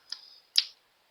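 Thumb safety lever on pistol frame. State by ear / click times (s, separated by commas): seated / 0.1 s, 0.6 s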